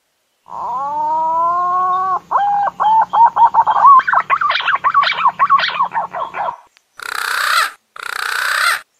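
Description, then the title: Green pigeon song: a long level whistle, then fast repeated looping whistles that rise in pitch and grow busier, followed by two harsh rasping bursts. Green pigeon in full, active calling, used as a lure call for trapping birds in the wild. "BURUNG PUNAI GACOR UNTUK PIKAT DI ALAM"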